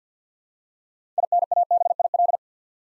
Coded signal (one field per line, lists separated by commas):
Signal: Morse code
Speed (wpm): 50 wpm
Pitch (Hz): 700 Hz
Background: none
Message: INABIL